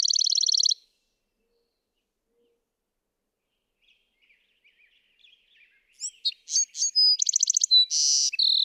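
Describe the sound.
Bewick's wren song: a quick trill opens, a long quiet gap with faint chips follows, then a varied phrase of sharp notes, buzzes and trills.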